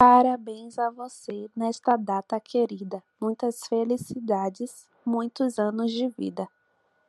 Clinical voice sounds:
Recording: short text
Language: Brazilian Portuguese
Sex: female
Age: 20 to 29 years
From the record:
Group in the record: control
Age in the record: 26 years

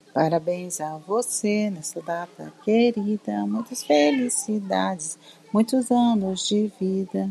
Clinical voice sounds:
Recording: short text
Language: Brazilian Portuguese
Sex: female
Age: 50 to 59 years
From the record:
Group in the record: control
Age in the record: 58 years

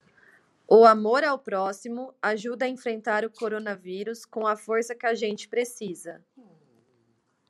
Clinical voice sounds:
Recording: spoken sentence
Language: Brazilian Portuguese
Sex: female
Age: 30 to 39 years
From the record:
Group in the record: control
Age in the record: 34 years

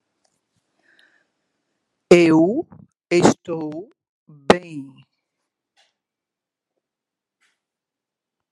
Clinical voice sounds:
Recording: short text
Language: Brazilian Portuguese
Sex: female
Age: 50 to 59 years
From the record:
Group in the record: control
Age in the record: 54 years

